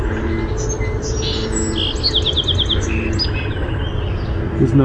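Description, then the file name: Song sparrow song: a few high clear introductory notes, then a quick run of repeated buzzy trill notes, over steady low rumbling background noise. "SOSP song"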